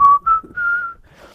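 A woman whistles a short tune in clear, steady notes around a single bright pitch, with three phrases rising slightly, then trailing off into faint breathy sounds.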